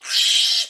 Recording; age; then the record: pig call; piglet (1 to 25 days)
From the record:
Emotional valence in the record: negative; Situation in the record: restrain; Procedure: in the arms of a person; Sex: male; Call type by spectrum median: high-frequency call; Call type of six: high-frequency stable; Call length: 0.70 s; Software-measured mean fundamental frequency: 314 Hz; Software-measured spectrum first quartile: 3298 Hz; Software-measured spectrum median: 4025 Hz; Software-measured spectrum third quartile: 5246 Hz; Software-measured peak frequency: 3232 Hz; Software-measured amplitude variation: 123 dB a second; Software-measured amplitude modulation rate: 15.0 a second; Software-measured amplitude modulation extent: 8.2 dB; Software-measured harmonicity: 1.1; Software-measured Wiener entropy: -2.48